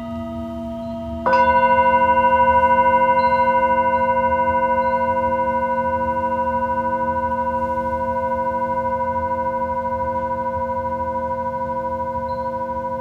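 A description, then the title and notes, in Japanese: A Tibetan singing bowl hums with a steady low ring, then is struck just after one second, adding bright, clear tones above the drone. The struck tones sustain evenly, fading only slightly over the remaining eleven seconds, with a soft low rumble underneath. チベタンシンギングボウル。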